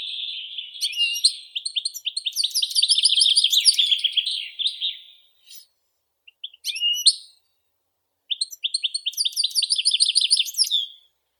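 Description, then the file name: European goldfinch singing long, rapid phrases of bright, liquid twittering and buzzy notes, with a short break midway before the tumbling song resumes. "Golosa ptic - CSHegol Carduelis carduelis"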